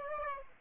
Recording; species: mosquito wingbeat signal from an infrared sensor; Aedes aegypti